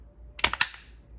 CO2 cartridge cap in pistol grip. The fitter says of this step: and you can hear it pop.